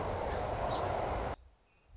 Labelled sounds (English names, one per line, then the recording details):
Song Sparrow
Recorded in Sonoma County, California